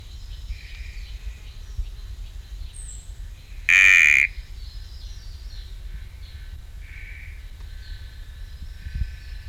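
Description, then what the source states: Sticky frog calling: one blaring, buzzy note of about half a second midway, with quieter high-pitched chirping insects or frogs throughout. Recorded at Camp IV; genus Kalophrynus, species not identified.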